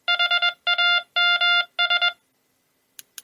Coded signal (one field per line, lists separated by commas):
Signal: Morse code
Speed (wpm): 21 wpm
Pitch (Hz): 2800 Hz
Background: none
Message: HAMS